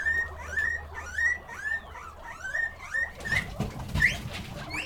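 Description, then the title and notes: Guinea pig wheeks: rising whistles repeat about twice a second, then a burst of noise takes over, with a couple more squeals near the end. Guinea pig (cuy) pen, during a sound residency on traditional kitchens in Pujilí, Ecuador, in 2019. "Yanuna_Paisajes. CORRAL_CUY. en Pujilí - Ecuador 2019"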